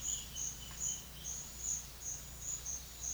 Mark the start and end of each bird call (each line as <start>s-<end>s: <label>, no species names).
0.00s-1.35s: bird call